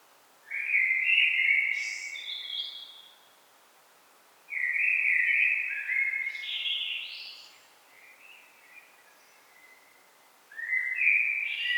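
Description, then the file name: Common blackbird song in three phrases of flute-like warbling, the first two finishing with thin, high twittering notes, spaced by pauses. "Turdus merula"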